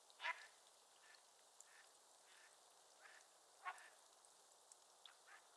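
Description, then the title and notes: Mallard quacking: two louder nasal quacks about three seconds apart, with fainter calls from other ducks over a constant hiss. Raft of at least 100 Mallards on the water of Otter Creek, Sleeping Bear Dunes National Lakeshore, very talkative during heavy snow, 26 January 2023, 10:00 AM. "A Morning on Otter Creek with a Raft of Ducks. a raft of Mallard Ducks. Nature is my Jam"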